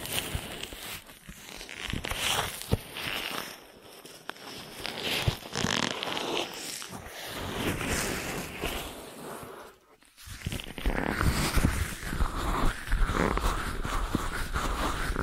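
An ear massage: dense, rustling and scratching sounds shift continuously, with sharp crackles and taps scattered throughout, especially around 2–3 and 5 seconds. Near 10 seconds the sound briefly drops almost to silence before the rubbing resumes, fuller and brighter.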